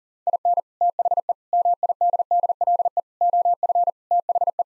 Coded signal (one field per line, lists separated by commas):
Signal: Morse code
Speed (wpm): 37 wpm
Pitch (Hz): 700 Hz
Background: none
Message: IN THE MIDDLE OF THE